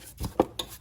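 A plastic engine cowling on a Land Rover or Volvo is set in place and pushed down onto its engine mounts after a brake vacuum pump change. A brief rubbing scrape around 0.2 s is followed by two sharp snaps at 0.4 s and 0.6 s as the mounts lock, and the cover is seated.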